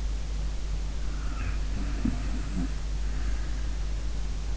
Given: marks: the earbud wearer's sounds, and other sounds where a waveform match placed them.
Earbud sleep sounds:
sounds in sleep by an in-ear microphone; snoring breath
0.95-3.72 s: snoring breath

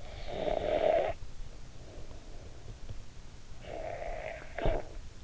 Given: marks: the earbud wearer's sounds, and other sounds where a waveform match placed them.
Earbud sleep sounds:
sounds in sleep by an in-ear microphone; snoring breath
0.00-1.53 s: snoring breath
3.39-5.22 s: snoring breath

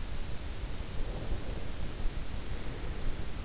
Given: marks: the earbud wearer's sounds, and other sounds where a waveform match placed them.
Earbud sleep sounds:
sounds in sleep by an in-ear microphone; breath
0.93-3.30 s: breath

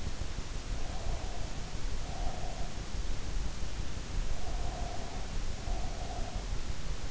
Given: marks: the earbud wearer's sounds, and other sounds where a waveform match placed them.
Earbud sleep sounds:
sounds in sleep by an in-ear microphone; breath
0.69-2.87 s: breath
4.36-6.61 s: breath

